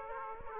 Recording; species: mosquito wingbeat signal from an infrared sensor; Aedes aegypti